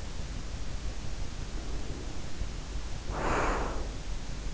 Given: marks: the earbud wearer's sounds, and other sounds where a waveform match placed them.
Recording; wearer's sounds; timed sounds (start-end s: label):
sounds in sleep by an in-ear microphone; breath
1.40-4.23 s: breath